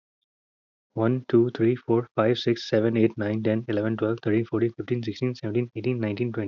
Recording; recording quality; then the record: counting at a fast pace; excellent, no background noise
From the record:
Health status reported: healthy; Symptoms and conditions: cough, cold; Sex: male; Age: 24 years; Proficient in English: yes